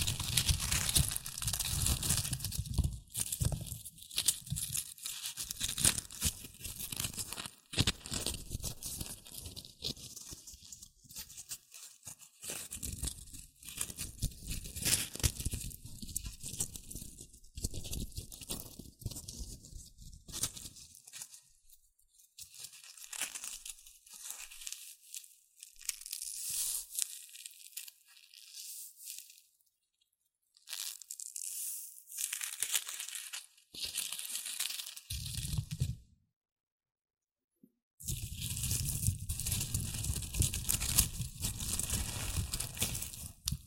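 Shredded tissue and packing peanuts rustle and crinkle in dense, irregular bursts, with hissy crackle and a low thumping bulk during the busiest stretches. Activity thins to sparse, softer crinkles between about 20 and 35 seconds, stops briefly near 37 seconds, then resumes fully.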